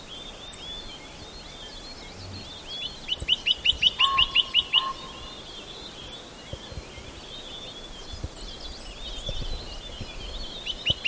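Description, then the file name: Chinese nuthatch: one quick run of several notes amid light chirping from other birds. "Golosa ptic - Kosmatyj popolzen Sitta villosa"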